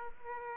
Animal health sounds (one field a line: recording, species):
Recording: mosquito wingbeat signal from an infrared sensor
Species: Aedes aegypti